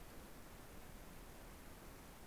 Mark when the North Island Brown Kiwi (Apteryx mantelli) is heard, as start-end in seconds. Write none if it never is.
none